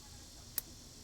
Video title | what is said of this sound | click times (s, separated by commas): hyundai accent 2008 crankshaft sensor location & replace (w/ extras) | There's the click. | 0.6 s